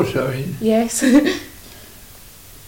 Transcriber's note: laughs